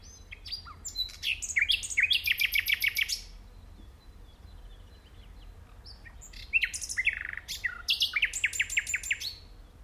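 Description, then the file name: Common nightingale song, two long phrases of rapidly repeated notes and dense trills with a quiet gap between them. "Luscinia megarhynchos"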